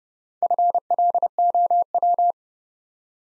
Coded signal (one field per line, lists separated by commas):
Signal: Morse code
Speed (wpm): 32 wpm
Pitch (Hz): 700 Hz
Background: none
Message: FLOW